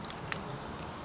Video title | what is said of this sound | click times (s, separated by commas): Amulet UWell Vape Pod System Why it’s good | you're going to snap that back on that's it you'll hear the snap and that's | 0.3 s